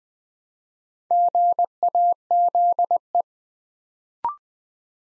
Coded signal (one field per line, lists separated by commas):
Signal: Morse code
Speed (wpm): 20 wpm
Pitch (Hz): 700 Hz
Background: none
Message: GAZE